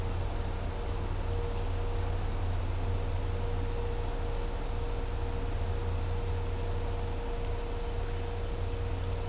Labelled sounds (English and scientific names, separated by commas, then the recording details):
none
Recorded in dense forest near Puerto Asís, Putumayo, Colombia, on 26 December 2024 at 08:00
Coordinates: 0.503, -76.323
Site G043